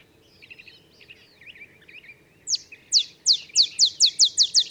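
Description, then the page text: Olive sparrow song opening after soft twittering calls: high sharp downslurred notes repeated faster and faster in a bouncing rhythm. Olive sparrow singing in the early morning in Texas, 50 miles north of the Mexican border; simple songs like a field sparrow's bouncing-ball song, though neither so mellow nor so melancholy. "Birdsong for the Curious Naturalist. Olive sparrow"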